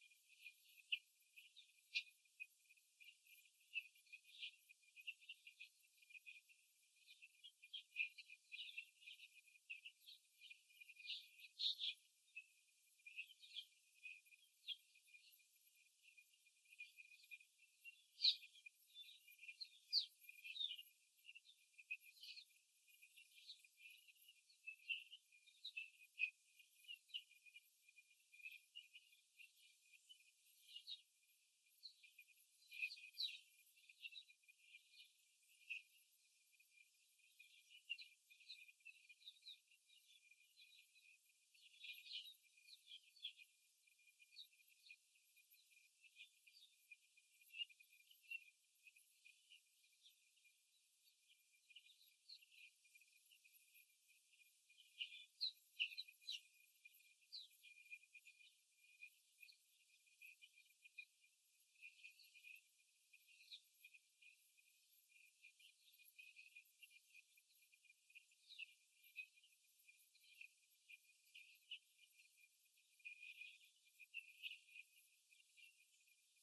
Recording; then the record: young laying hens in a cage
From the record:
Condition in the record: after the stressor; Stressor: simulated dog barking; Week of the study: 3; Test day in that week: 2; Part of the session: 4